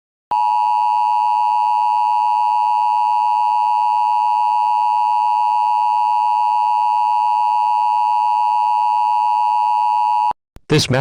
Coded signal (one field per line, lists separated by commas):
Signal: Emergency Alert System (SAME) tones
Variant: 853 and 960 Hz attention tone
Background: speech